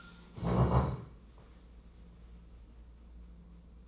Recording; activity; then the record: daily activity, microphone in the room; stand up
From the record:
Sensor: 1